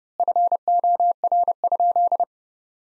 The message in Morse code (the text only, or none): FOR?